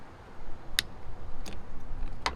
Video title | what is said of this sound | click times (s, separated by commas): Duct Taped Solar Power | boom. Heard a click. All right. | 2.3 s